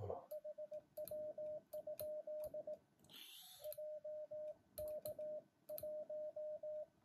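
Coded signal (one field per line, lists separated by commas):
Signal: Morse code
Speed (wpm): 18 wpm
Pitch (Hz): 610 Hz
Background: radio noise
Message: HW? JK1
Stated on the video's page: Morning amateur CW contact on 7 MHz by a beginner, sent with many keying errors and uncut.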